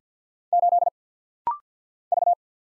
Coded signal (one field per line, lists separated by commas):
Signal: Morse code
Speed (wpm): 48 wpm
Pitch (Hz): 700 Hz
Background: none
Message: 8 V